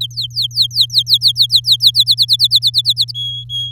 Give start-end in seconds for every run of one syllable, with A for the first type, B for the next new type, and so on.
0.01-2.04 A, 2.06-3.12 B, 3.14-3.72 C